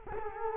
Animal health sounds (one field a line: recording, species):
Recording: mosquito wingbeat signal from an infrared sensor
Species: Culex quinquefasciatus